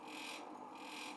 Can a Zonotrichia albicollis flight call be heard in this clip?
no